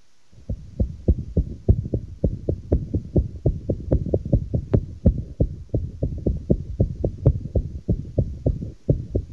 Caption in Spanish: Cuando el paciente, por un problema eléctrico, que la arteriosclerosis, la presión que tiene él, nos preguntó, dañan el sistema eléctrico, entonces el corazón pierde ritmo, se empiezan a producir sonidos anormales. Uno de los tantos tipos de arritmia que hay. Parece el galopar de un caballo. Esto es una arritmia. El corazón perdió ritmo. El corazón dejó de latir con su ritmo normal.